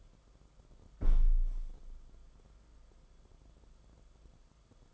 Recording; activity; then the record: daily activity, microphone in the room; close window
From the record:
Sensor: 5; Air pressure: 994.4 hPa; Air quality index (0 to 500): 186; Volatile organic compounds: 1000 ppm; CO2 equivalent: 5476 ppm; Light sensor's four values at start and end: 10/26/10/11 and 11/27/11/12